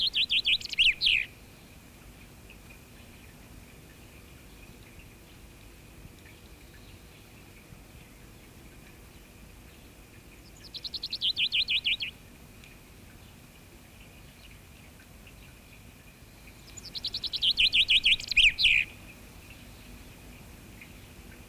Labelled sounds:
Common Chaffinch song
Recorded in the wild
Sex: male
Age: adult
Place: Goslar, OT Hahnenklee, Oberharz, Niedersachsen, DE
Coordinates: 51.8639, 10.3408
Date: 1965-04-11
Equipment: Uher 4000 Report-S, Bändchenmikro Beyer M 260, Parabolspiegel Polyester (470 mm)
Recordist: Conrads, Klaus

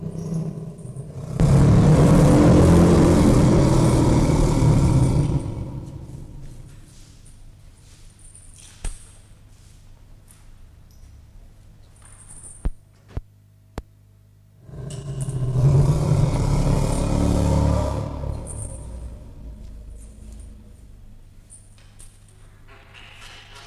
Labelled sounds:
Asian Elephant
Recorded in captivity
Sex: group
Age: diverse
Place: Zoo Berlin, Berlin, DE
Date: 1958-12-31 13:30
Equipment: Reporter (Vollspur)
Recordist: Tembrock, Günter

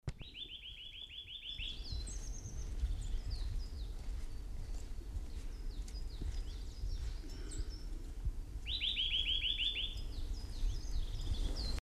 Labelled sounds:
Eurasian Nuthatch song
Coal Tit
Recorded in the wild
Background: Periparus ater
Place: Hafling, Bozen, IT
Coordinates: 46.6544, 11.2206
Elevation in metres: 1377
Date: 1981-03-25
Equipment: Uher 4000 Report, Sennheiser MKH 815 T
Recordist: Tretzel, Erwin
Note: Wald hinter Gasthof, Hafling, Italien: Gesang "wiwi"

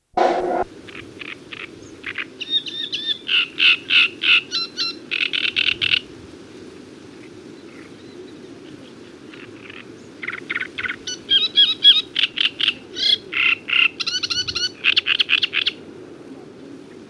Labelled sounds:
Great Reed Warbler song
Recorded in the wild
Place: Dassow, Mecklenburg-Vorpommern, DE
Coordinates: 53.963, 10.938
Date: 1980-05-26
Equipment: Nagra III BH, Sennheiser MD 21, parabola
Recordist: Schubert, Michael

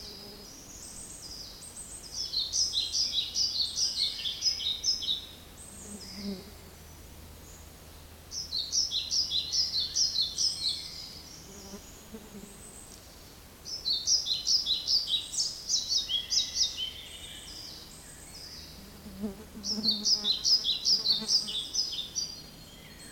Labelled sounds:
European Pied Flycatcher
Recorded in the wild
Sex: male
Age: adult
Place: Mühlenbeck, Brandenburg, DE
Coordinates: 52.625, 13.404
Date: 1992-05-23 10:44
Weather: sonnig, 20-24°C, böiger Ost-Wind
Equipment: Nagra SN, Mikrofon AKG CK 8, Kopie Tesla B 116
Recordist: Tembrock, Günter

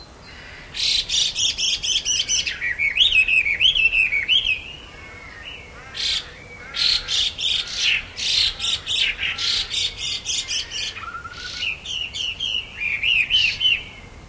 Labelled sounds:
Chinese Hwamei call
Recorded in captivity
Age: adult
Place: Tierpark Berlin, Berlin, DE
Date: 1993-12-18
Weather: overcast, 2 °C
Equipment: Marantz CP 430, Sennheiser MKH 416 T, Kopie Uher Variocord 263
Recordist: Tembrock, Günter
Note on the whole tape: Komplexe Lautfolgen

